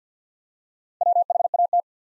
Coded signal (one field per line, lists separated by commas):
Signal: Morse code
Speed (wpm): 48 wpm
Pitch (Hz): 700 Hz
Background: none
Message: WHAT